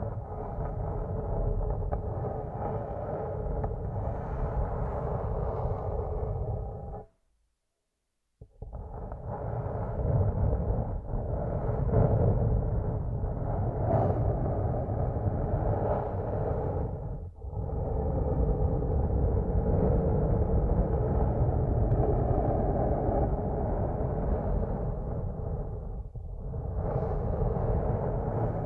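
ASMR massage triggers picked up through headphones used as a microphone: a thick, muffled rubbing rumble, heavy in the lows, that runs almost without a break. It cuts to full silence around seven seconds, then resumes, with brief dips near 17 and 26 seconds.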